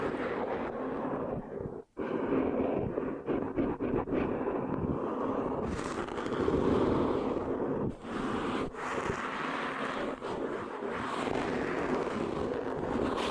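Microphone scratching fills the clip with a dense, rough rustle that rarely lets up, strongest in the low and middle range. Brief gaps and sharp scrapes break the texture, one near two seconds and others around eight and nine seconds.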